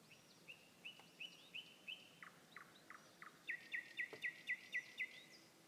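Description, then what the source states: Nightingale song: a series of repeated whistled notes, then a rapid run of sharp chirps repeated about four times a second. Song recorded 21 May 2016.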